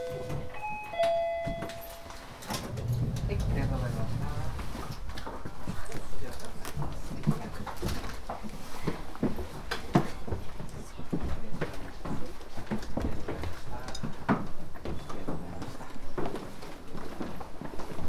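Inside the Teshima Art Museum, a brief tone opens, then a low rumble and a steady murmur with frequent sharp clicks and taps.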